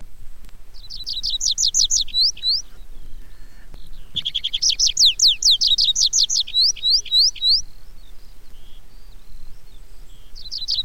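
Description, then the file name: Tree pipit song: two phrases of fast repeated high notes, the second much longer, with the start of another phrase at the end. "baumpieper"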